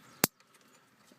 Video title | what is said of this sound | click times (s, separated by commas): BMW E60 AUX INSTALL PART 1 | you'll hear it click once it's clicked it's in | 0.2 s